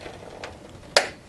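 The second end of a RAM stick is pressed into a desktop motherboard DIMM memory slot. A faint tick comes at 0.4 s, then the plastic retention clip snaps shut with a sharp, loud click at 1.0 s. The module is seated, with both ends installed.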